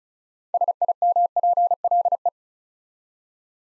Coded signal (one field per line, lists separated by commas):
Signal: Morse code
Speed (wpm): 36 wpm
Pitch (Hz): 700 Hz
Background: none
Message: SIMPLE